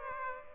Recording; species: mosquito wingbeat signal from an infrared sensor; Aedes aegypti